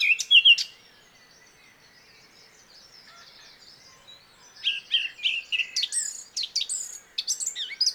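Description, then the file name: Eurasian blackcap song in two bursts: a short warbled phrase, then a quiet pause, then a lively run of high chirps and slurred notes. "Sylvia atricapilla"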